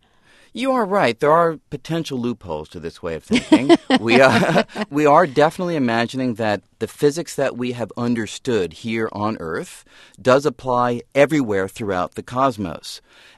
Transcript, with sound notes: You are right. There are potential loopholes to this way of thinking.
(SOUNDBITE OF LAUGHTER)
We are definitely imagining that the physics that we have understood here on Earth does apply everywhere throughout the cosmos.